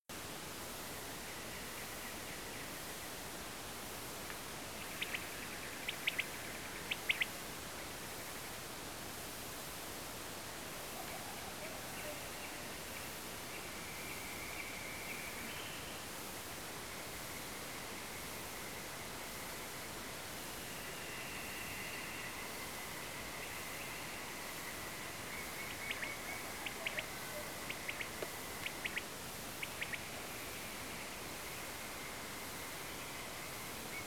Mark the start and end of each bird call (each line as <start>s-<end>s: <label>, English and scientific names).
1.29s-2.65s: Common Nightingale (Luscinia megarhynchos)
4.81s-5.17s: Common Quail (Coturnix coturnix)
5.21s-6.78s: Common Nightingale (Luscinia megarhynchos)
5.88s-6.22s: Common Quail (Coturnix coturnix)
6.89s-7.24s: Common Quail (Coturnix coturnix)
11.96s-12.02s: Common Nightingale (Luscinia megarhynchos)
12.42s-12.48s: Common Nightingale (Luscinia megarhynchos)
12.94s-13.00s: Common Nightingale (Luscinia megarhynchos)
13.52s-13.61s: Common Nightingale (Luscinia megarhynchos)
14.09s-14.15s: Common Nightingale (Luscinia megarhynchos)
14.56s-14.63s: Common Nightingale (Luscinia megarhynchos)
15.06s-15.63s: Common Nightingale (Luscinia megarhynchos)
25.31s-26.44s: Common Nightingale (Luscinia megarhynchos)
25.69s-26.05s: Common Quail (Coturnix coturnix)
26.64s-27.01s: Common Quail (Coturnix coturnix)
27.68s-28.03s: Common Quail (Coturnix coturnix)
28.64s-29.00s: Common Quail (Coturnix coturnix)
29.61s-29.97s: Common Quail (Coturnix coturnix)
33.91s-34.03s: Common Nightingale (Luscinia megarhynchos)